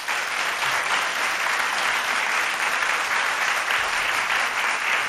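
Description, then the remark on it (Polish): A concert audience applauds steadily for about five seconds, welcoming two more musicians who have come on stage, a dense, even wash of many hands clapping at once with no pauses and no voices on top. “Przywitajmy ich wielkimi brawami.”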